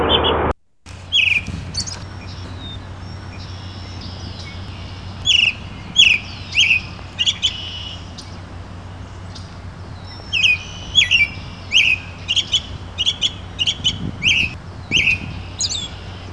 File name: american robin